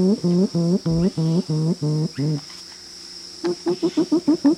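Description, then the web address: Gray-winged trumpeter making low hoots in a quick rhythmic series, a brief pause, then a faster burst of similar notes. Recorded in Ecuador. "S America Birds of Ecuador. Gray winged Trumpeter"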